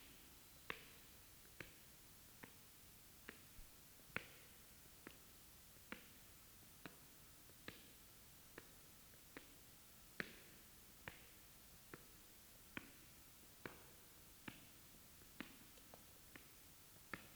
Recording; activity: daily activity, guitar pickup as the sensor; walk